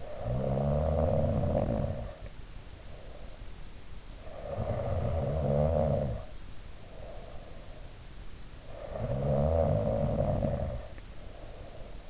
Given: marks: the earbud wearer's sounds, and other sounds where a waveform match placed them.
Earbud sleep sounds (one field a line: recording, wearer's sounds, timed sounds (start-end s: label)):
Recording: sounds in sleep by an in-ear microphone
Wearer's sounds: snoring breath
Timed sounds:
0.00-3.42 s: snoring breath
4.05-7.99 s: snoring breath
8.57-12.10 s: snoring breath